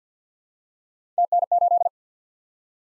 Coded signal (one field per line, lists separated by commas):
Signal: Morse code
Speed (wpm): 48 wpm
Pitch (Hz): 700 Hz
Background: none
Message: TN8